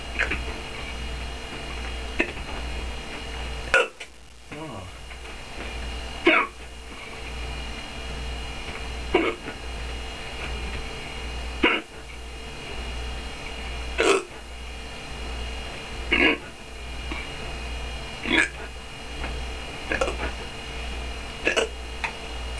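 Sharp, abrupt gulping clicks recur about every two to two and a half seconds, roughly ten in 22 seconds (about 26 per minute), over a steady low room hum. These are repeated hiccups in an adult, from sudden involuntary diaphragm spasms snapping the vocal cords shut.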